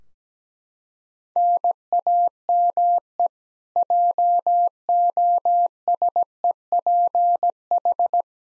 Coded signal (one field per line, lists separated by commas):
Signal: Morse code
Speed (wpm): 17 wpm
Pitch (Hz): 700 Hz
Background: none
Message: NAME JOSEPH